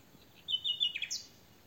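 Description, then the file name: Common nightingale song phrase: a whistled note followed by quick, varied chirps and a falling slur. "Luscinia megarhynchos"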